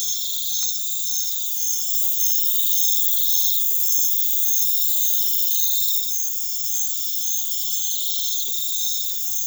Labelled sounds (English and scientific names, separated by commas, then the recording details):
none
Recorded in pastures near Puerto Asís, Putumayo, Colombia, on 4 March 2025 at 01:30
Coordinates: 0.487, -76.322
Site G077